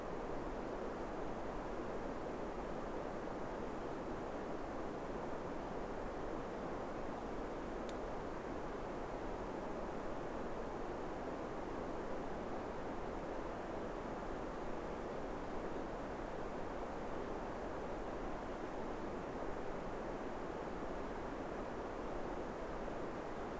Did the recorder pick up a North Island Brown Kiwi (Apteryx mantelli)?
no